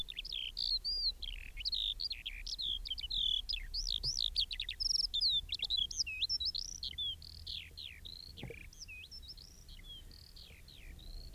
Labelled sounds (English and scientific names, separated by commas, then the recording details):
Eurasian Skylark (Alauda arvensis) song
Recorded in the wild
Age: adult
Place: Schloß Holte-Stukenbrock, Senne, Nordrhein-Westfalen, DE
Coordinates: 51.8614, 8.65667
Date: 1968-06-16
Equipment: Uher 4000 Report-S, Bändchenmikro Beyer M 260, Parabolspiegel Polyester (470 mm)
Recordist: Conrads, Klaus
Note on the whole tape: Wahrscheinlich nahe der Gärtnerei (Furlbach-Gebiet). Gesang mit Ortolan-Imitation